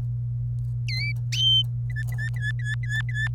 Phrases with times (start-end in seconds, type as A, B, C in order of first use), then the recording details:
0.88-1.12 A, 1.90-3.28 B. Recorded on 27 April 2018 at 10:06. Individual llb3